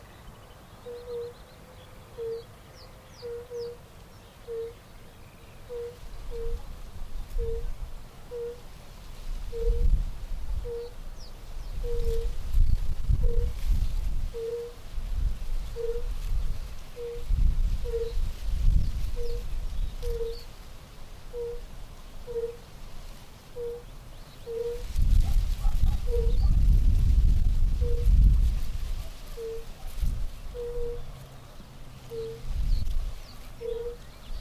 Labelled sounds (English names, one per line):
Fire-Bellied Toad call